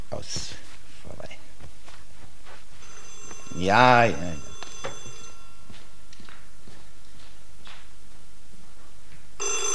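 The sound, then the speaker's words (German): A telephone rings once in a short, bright electronic burst with rising and falling warbling tones, standing out loudly above a low background hum. “Gut, dass du so lange hast läuten lassen.”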